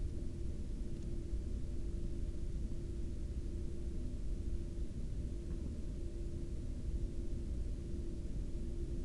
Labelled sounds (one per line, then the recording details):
flare stack
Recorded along the Dalton Highway, Alaska, on 3 April 2019 at 06:47
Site 07